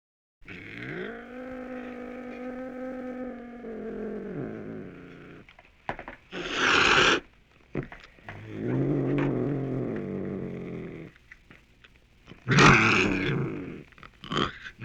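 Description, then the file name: Cougar with a long steady wailing yowl, followed by a lower growling moan and two sharp hissing snarls. "mountain lion"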